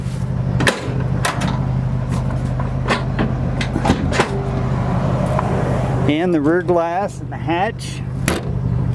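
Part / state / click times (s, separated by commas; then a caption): rear hatch glass latch into vehicle body / seated / 8.3 s. On a 1977 Ford Bronco, an original-paint survivor with a 302 V-8 and automatic, the rear glass and hatch are swung shut over a steady low hum. Someone talks, a wavering whistle-like tone rises around 6 to 7.5 seconds, and light knocks come before it. At 8.3 seconds a sharp metal latch impact is heard as the rear hatch glass locks into place on the body, sometimes needing two hands.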